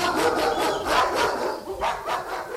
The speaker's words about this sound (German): Und dann die Treppen des Onkels hinunterhastend, die geifernden, bellenden Biester im Rücken, erinnerte ich mich an das Versprechen, das ich Mutter gegeben hatte.